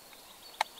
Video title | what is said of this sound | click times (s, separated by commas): Экипировка и снаряжение грибника (охотника, рыбака). Безопасность и выживание в лесу | раз вроде вставил до щелчка вот | 0.6 s